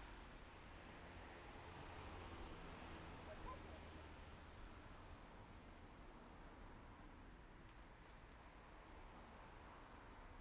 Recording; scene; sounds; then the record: everyday scene through a hearing-aid microphone; in traffic; traffic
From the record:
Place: main road on the outskirts, rush hour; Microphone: behind the ear, left, front